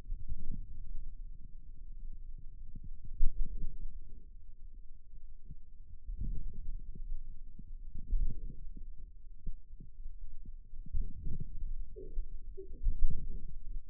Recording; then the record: forearm muscle sounds (acoustic myography)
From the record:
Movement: outward rotation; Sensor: system 2, bracelet of six BSWA MPA416 microphones around the upper forearm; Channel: 4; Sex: male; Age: 22 years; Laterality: right